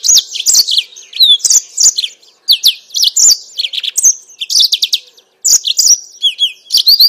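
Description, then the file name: Yellow-fronted canary song, energetic high warbling of quick whistled slurs and chatter, with short pauses. Mozambique singer used as a bird-keepers' training recording for captive birds. "mozambik omkicau"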